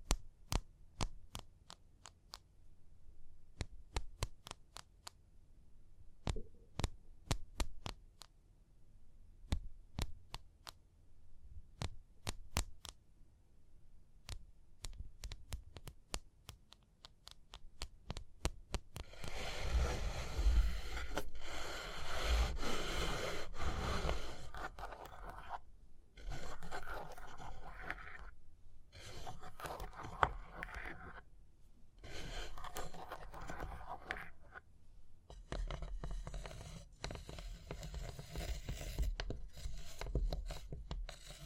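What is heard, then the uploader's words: Sharp, rapid tapping clicks over a low hum for the first twenty seconds, then dense, busy scratching with brief pauses fills the rest. Tapping and Scratching (No Talking).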